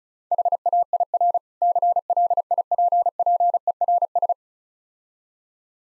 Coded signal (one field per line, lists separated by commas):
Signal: Morse code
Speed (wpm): 36 wpm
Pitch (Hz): 700 Hz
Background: none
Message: HAIR CLIPPERS